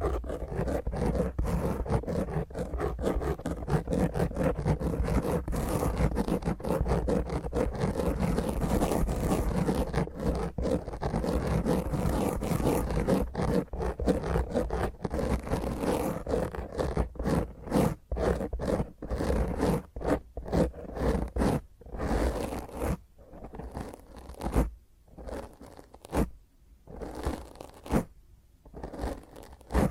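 Fingernails scratch roughly and intensely across a microphone, a dense, gritty rasping with a heavy low rumble underneath. The scraping runs nearly continuously for the first twenty seconds, then breaks into shorter strokes separated by brief silences toward the end.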